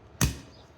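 A drain plug is pulled out of the housing of a new, vacuum-sealed A/C compressor for a 1994 Chevy K1500. It releases with a single sharp pop at 0.2 s that decays quickly. The rest of the clip is quiet.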